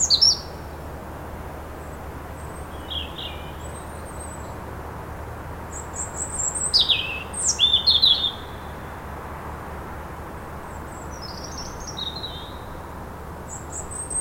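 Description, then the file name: European robin singing: scattered thin, high phrases with quiet gaps, and a short burst of twittering notes in the middle. "Erithacus rubecula"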